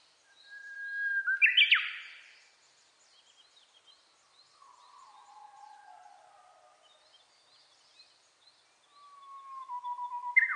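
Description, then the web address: Japanese bush warbler song: a held whistle bursting into a sharp flourish, then soft descending notes and another held whistle, with thin high chirps throughout. Recorded 29 April 2001. "2001 010429 uguisu"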